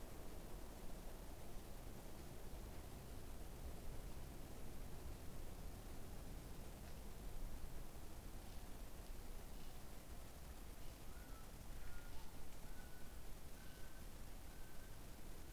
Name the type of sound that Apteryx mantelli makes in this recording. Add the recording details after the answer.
male call. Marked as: faintness 4/5. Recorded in New Zealand on 14 December 2015. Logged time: 00:43. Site CG68